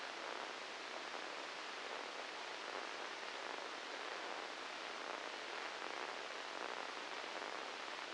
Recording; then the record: brain microelectrode recording played as sound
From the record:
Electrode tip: inside the subthalamic nucleus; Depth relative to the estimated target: 0 mm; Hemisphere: left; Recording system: NeuroSet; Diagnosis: Parkinson's disease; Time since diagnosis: 8 years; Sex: male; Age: 37 years